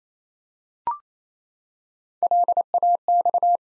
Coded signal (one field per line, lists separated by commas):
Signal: Morse code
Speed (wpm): 29 wpm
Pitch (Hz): 700 Hz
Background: none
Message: LAX